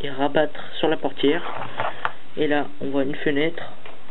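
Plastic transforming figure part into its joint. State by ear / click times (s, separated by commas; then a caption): not seated / none. A plastic Transformers 3 Bumblebee deluxe-class figure is being transformed by hand: a front part is pulled from under the wheel and folded onto the door, near a window, while someone talks over faint plastic handling sounds. Nothing has clicked into its joint or seated yet.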